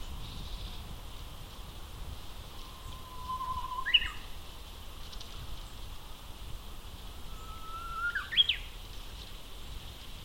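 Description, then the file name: Japanese bush warbler song, two phrases each opening with a drawn-out low whistle and ending in a sharp upward flick, separated by a pause, over soft ambient noise. Recorded at Akasaka on 2 April 2022. "uguisu 20220402 akasaka"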